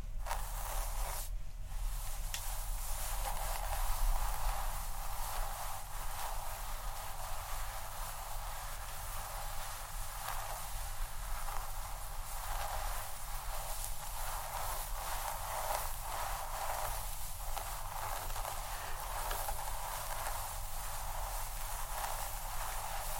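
Head scratching and scalp massage, heard as a steady, dense rustle of fingers or bristles working through hair. The texture stays even throughout, with a brief break near the start and a slight swell around four seconds, over a constant low rumble.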